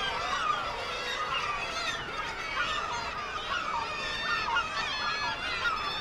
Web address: Black legged kittiwake. صدای-پرنده-کاکایی-پاسیاه